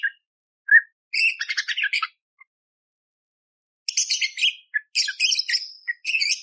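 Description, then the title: Budgerigar warbling in two bursts of buzzy, scratchy chirps and squeaks, separated by a long pause. Budgerigar song, clear, with rough bursts, used as masteran training for magpie-robins (kacer). "Masteran Burung Parkit Gacor Jernih Isian Tembakan Kasar Cocok Buat Kacer"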